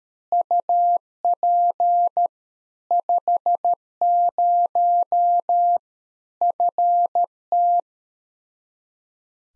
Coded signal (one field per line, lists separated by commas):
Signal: Morse code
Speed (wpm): 13 wpm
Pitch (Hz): 700 Hz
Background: none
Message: UP 50 FT